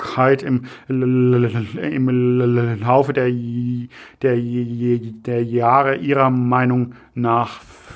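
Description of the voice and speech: A man asks a question in German with repeated words ('im, im', 'der, der, der') and drawn-out sounds, typical of stuttering.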